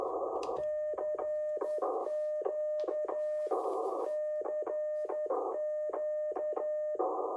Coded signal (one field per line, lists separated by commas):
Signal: Morse code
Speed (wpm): 11 wpm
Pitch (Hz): 610 Hz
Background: radio noise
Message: CQ CQ